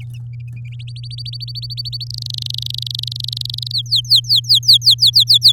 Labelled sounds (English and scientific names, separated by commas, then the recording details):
Domestic Canary (Serinus canaria) song
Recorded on 9 May 2018 at 11:20
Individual llb16